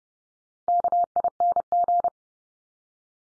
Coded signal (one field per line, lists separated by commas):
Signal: Morse code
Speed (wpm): 30 wpm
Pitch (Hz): 700 Hz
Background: none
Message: KING